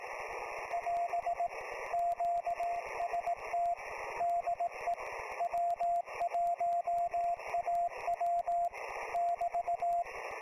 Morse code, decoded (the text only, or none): <AS> QST DE W1AW <BT>